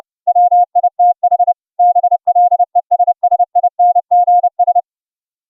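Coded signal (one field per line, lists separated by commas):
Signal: Morse code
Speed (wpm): 30 wpm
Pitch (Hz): 710 Hz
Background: none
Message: WITH BLESSINGS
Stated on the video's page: CW audio tones generated by FLdigi software and sent over the internet via UltraGrid with the OPUS codec at 64k.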